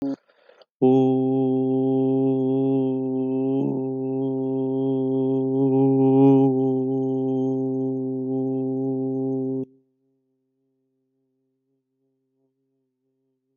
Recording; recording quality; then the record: sustained vowel as in boot; excellent, no background noise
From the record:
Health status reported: healthy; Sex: male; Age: 25 years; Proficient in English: yes